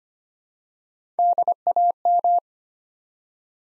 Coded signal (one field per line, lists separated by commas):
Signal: Morse code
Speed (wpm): 25 wpm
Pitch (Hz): 700 Hz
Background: none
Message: DAM